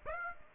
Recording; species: mosquito wingbeat signal from an infrared sensor; Aedes aegypti